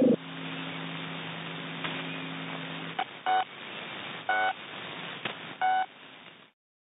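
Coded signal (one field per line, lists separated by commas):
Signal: coded military voice message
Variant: The Pip, Russian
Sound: radio static with a low hum, then three short spoken bursts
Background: radio static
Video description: "The Pip" is a Russian military radiostation that broadcasts on 5448 kHz at daytie and 3756 kHz at nighttime.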